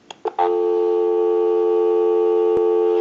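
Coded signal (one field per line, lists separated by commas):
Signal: telephone call progress tone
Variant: North America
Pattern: dial tone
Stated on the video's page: Heard on a Western Electric 2500 desk telephone during initial checkout and repair.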